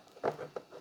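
The tabs on the stand arm of a KTC 32-inch FHD 1080p curved gaming monitor are slid into the slots on the back of the monitor, making a few muffled clacks at about 0.3, 0.4 and 0.6 seconds. The part is only being handled; nothing has seated or clicked into place yet.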